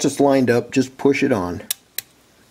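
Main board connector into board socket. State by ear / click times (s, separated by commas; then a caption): seated / 2.0 s. Someone talks while pushing the main board connector onto its socket inside a Panasonic Lumix ZS19/ZS20 camera during reassembly. A sharp snap is heard at 2.0 s as the connector seats into place.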